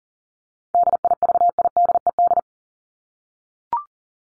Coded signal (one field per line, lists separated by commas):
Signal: Morse code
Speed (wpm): 40 wpm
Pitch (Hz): 700 Hz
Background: none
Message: DIVIDED